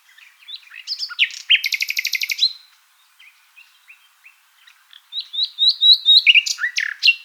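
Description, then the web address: Common nightingale singing varied phrases: chirpy notes, a loud rapid buzzy rattle, a pause with soft notes, then a fast run of repeated sharp notes ending in whistled slurs. "songs luscinia megarhynchos call"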